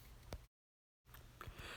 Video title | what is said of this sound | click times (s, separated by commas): How To Replace The Front Door Window Regulator On A Honda Accord (2002-2007) | Then you'll pull the white portion of it over and line it up with the slot and push in until you hear it click. | 0.3 s